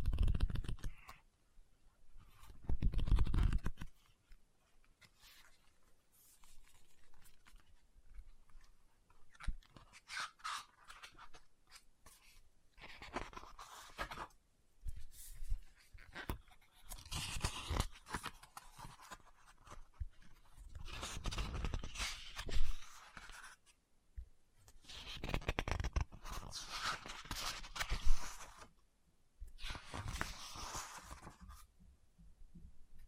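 Tapping, scratching and page turning on a book, in irregular bursts separated by short quiet gaps. A loud low thump comes early, around three seconds in. The rest is light, dry scratching and rustling with occasional sharper taps, busiest between fifteen and twenty-eight seconds.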